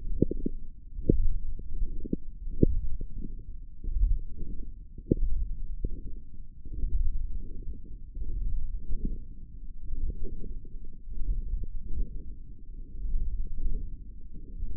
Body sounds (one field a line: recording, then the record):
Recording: forearm muscle sounds (acoustic myography)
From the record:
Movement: wrist flexion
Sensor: system 1, eight BSWA MPA416 microphones around the upper forearm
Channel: 5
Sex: female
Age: 22 years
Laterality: right